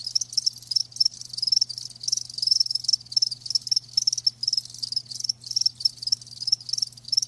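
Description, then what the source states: Crickets trilling in dense high pulses with overlapping callers, accompanied by a steady low hum. Live crickets chirping.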